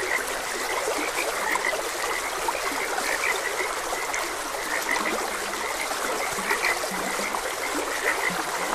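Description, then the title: Frogs giving a steady run of brief croaks, with lower drawn notes in the second half, over continuous rushing water. Frogs croaking beside a gentle stream. "Gentle Stream and Frogs Croaking"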